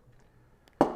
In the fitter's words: other from the harness and make that connection until you hear a satisfying click